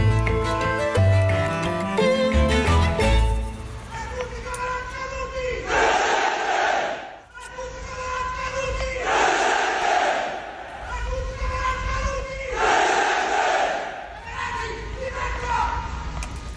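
Hundreds of neofascists in Rome chant in unison at the annual commemoration of three neofascists killed in 1978, loud rhythmic shouted calls repeating in bursts about every two seconds, following a short musical opening with a melodic line.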